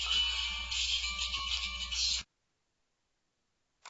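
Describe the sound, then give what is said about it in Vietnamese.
A caller's phone rings with an incoming call, a steady, bright electronic tone for about two seconds, then cuts off into silence, followed by a brief faint blip at the end. “thấy anh có điện thoại gọi đó, thành ra thôi để cho anh nghe điện thoại chút xíu nữa anh lên đặt câu hỏi lại vào trọng tâm một chút xíu nha.”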